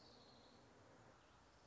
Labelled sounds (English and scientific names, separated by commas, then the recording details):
Orange-crowned Warbler (Leiothlypis celata)
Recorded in Sonoma County, California